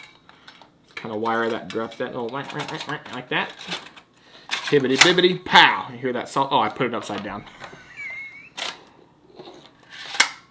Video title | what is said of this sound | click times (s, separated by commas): Third Gen Camaro Project - Awesome Head Unit Install (Humount) - Episode 13 | satisfying click feel love it | 10.2 s